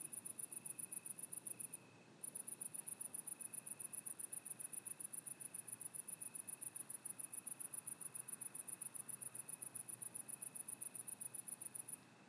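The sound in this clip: Cicada producing a sustained high-pitched pulsing trill. One short break comes near the start, then it runs almost continuously over a quiet background hiss.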